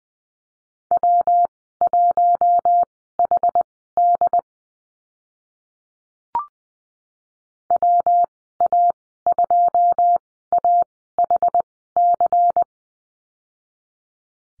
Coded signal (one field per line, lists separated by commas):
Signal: Morse code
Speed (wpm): 20 wpm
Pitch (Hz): 700 Hz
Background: none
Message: W1HD WA2AHC